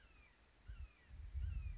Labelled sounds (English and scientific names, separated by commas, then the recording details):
Red-shouldered Hawk (Buteo lineatus)
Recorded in Sonoma County, California